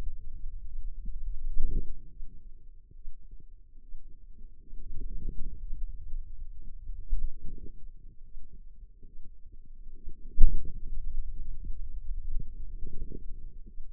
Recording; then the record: forearm muscle sounds (acoustic myography)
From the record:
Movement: pen grasping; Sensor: system 2, bracelet of six BSWA MPA416 microphones around the upper forearm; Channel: 1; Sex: female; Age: 25 years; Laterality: right